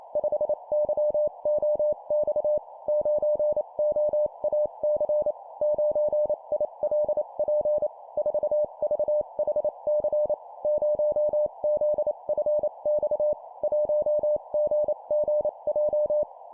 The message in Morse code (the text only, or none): 5YOX 9OAC 9ILP 4VHC 0ZFX 1GGJ